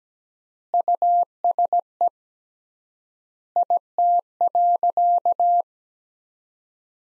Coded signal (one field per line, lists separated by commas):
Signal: Morse code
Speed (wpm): 17 wpm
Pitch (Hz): 700 Hz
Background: none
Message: USE IT.